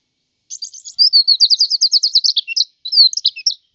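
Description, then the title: White-eye song: a brisk, high trill of repeated slurred notes running about three seconds, with a brief break before a final twittered flourish. "Suara burung pleci"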